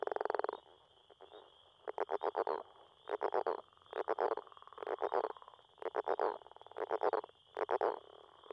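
Northern leopard frog giving a rattling, pulsed snore in bursts roughly every second, over a constant thin high-pitched hum.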